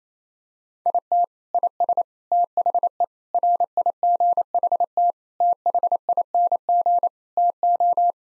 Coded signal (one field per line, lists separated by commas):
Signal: Morse code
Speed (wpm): 28 wpm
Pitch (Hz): 700 Hz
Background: none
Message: IT IS THE RIGHT THING TO